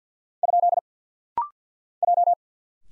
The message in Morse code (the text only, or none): ? J